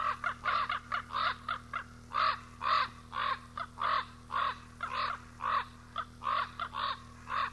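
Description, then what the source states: Common raven calling in a long run of rough, nasal croaks, roughly two per second, over a constant low electrical hum. Recorded 18 April 1994.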